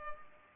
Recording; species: mosquito wingbeat signal from an infrared sensor; Culex pipiens